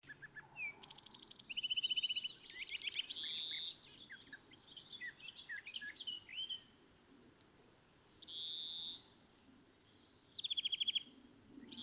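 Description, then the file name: European greenfinch song mixing quick trills and twitters with two long, harsh, buzzy wheezes separated by pauses. "Chloris chloris"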